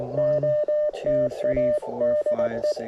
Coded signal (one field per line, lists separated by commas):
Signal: Morse code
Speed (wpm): 19 wpm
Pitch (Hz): 590 Hz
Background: speech, radio noise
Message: OTA DE